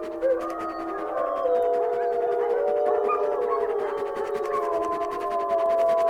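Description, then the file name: Wolf: wolves howling together, several long overlapping tones weaving slightly up and down without pause. "Wolves Howling Wolf Howling - Wolves Howling At The Moon"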